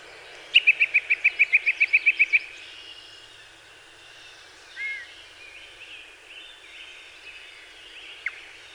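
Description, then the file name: Yellow-breasted chat calling with a quick series of sharp, evenly spaced notes, followed by a few soft whistles and faint chirps. Recorded 24 May 2019. "2019-05-24 Yellow-breasted Chat"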